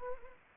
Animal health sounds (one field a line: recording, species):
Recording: mosquito wingbeat signal from an infrared sensor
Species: Anopheles arabiensis